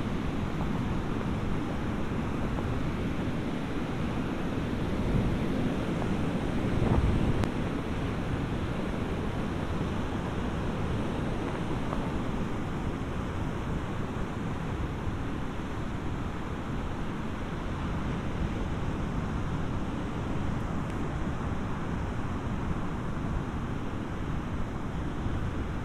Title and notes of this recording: Walk on beach near Vik, Iceland. A walk on a beach in southern Iceland near Vik